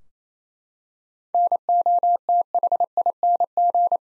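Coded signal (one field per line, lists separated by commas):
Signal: Morse code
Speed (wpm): 28 wpm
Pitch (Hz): 700 Hz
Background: none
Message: NOTHING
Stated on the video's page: Sentence practice from top 500 words at 28 wpm with 3x standard word spacing, a Farnsworth-like method using words instead of characters.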